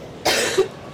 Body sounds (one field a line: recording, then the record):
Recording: coughing mixed with background sound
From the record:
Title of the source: 55 gaggy wet cough